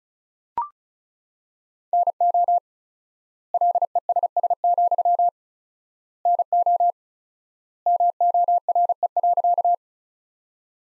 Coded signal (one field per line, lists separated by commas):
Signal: Morse code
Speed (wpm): 36 wpm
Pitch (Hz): 700 Hz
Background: none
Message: NO LESS, NO MORE.